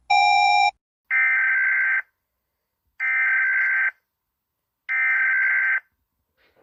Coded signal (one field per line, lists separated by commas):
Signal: Emergency Alert System (SAME) tones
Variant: header bursts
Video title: EAS alarms animated 15